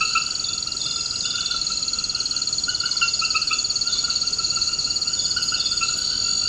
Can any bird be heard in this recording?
no